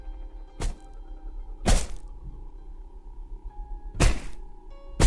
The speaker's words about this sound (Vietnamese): Tay nó giơ cao cục đá rồi liên tiếp đập lên đầu chị.